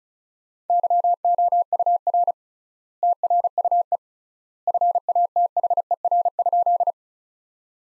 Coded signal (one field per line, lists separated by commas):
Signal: Morse code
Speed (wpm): 36 wpm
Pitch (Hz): 700 Hz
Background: none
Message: YOUR TRUE FATHER?